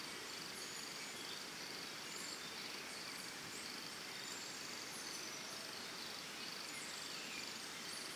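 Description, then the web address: Cricket trilling, a steady high pulsed tone over a dense background hiss. Early morning in Costa Rica, forest and jungle ambience. "Big Room Sound Birds Crickets Costa Rica Early Morning"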